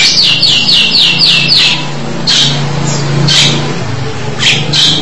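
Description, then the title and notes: Starling calls: a quick run of about six descending chirps, followed by a few separate harsh bursts, over a low hum. "suara burung jalak"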